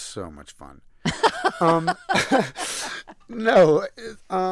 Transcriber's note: laughter